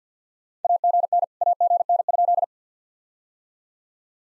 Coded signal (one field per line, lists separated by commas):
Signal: Morse code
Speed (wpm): 50 wpm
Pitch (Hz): 700 Hz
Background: none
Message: AGN AGN?